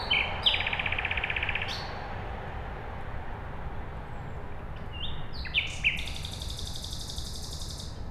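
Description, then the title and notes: Common nightingale song: a buzzy pulsed phrase, a pause, then rising notes leading into a long high rattling trill, over a low hum. At night beside a road, Siemianowice Śląskie, Poland, 20 May 2019; Zoom H5 and Audio-Technica BP4025. "Bohaterów Westerplatte, 41-106 Siemianowice Śląskie, Polska - Nightingale. Poniedziałek, 20 maja 2019. Noc. Słowik przy drodze. Nagrania terenowe Siemianowic Śląskich - Dźwiękowy Portret Miasta"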